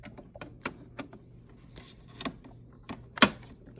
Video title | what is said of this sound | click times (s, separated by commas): Sublimation Printer Unboxing Epson ET 4800 | So, you can kind of hear it snap. | 3.2 s